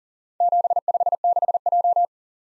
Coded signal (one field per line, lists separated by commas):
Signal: Morse code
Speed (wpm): 42 wpm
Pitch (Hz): 700 Hz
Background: none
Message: 756J